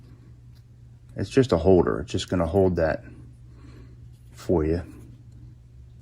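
A Shimano Di2 cable plug is held in the plug tool and brought up to the component port, before it is lined up and pushed home. Someone talks, then there is quiet handling with a couple of faint brief sounds near the end. The plug has not seated or clicked yet.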